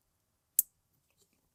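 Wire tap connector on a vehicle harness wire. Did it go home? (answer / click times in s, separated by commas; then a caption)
yes / 0.6 s. A plastic wire tap (splice) connector is squeezed closed with pliers over a wire in a truck harness. A single sharp, bright click rings out at 0.6 s, followed by near silence and a faint tick around 1.2 s. The connector locks shut and is seated.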